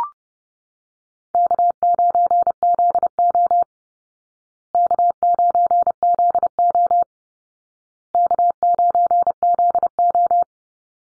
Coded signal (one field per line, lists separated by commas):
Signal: Morse code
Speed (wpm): 30 wpm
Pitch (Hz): 700 Hz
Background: none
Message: K9ZO K9ZO K9ZO